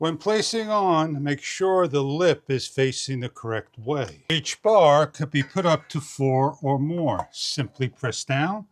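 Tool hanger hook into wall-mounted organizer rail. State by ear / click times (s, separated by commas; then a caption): not seated / none. Someone talks while a tool hanger hook is handled and readied to be pressed down onto the wall-mounted rail of a WOPYULU 48-inch garage tool organizer. Nothing has seated or clicked yet.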